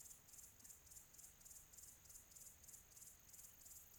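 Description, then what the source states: Cricket producing high, quick pulsed chirps at a steady pace of roughly three per second over quiet background noise. Quiet tropical atmosphere.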